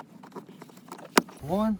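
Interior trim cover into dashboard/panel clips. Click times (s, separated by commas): 1.2 s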